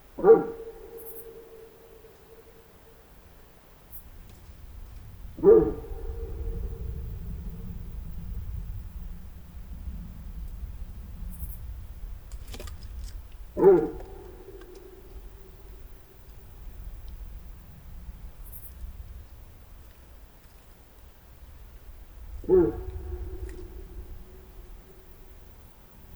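Roe deer bark four times, loud and abrupt, at uneven intervals several seconds apart, over a steady low rumble and faint scattered clicks.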